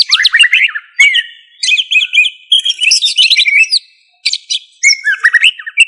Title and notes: Cucak Ijo